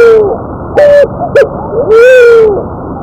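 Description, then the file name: Picazuro pigeon calling with deep, hollow coos: a brief note, a couple of short clipped ones, then one long sustained coo that sags at the end. "Columba picazuro - Paloma picazuro"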